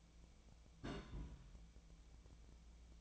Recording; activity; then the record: daily activity, microphone in the room; place on stove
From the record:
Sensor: 1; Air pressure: 1000.0 hPa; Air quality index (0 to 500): 133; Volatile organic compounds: 2 ppm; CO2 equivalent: 1256 ppm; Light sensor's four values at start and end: 43/108/46/57 and 43/108/45/57